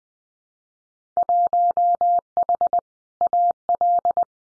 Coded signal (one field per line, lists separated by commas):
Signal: Morse code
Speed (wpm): 20 wpm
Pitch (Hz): 700 Hz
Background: none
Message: 1H AL